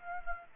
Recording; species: mosquito wingbeat signal from an infrared sensor; Aedes aegypti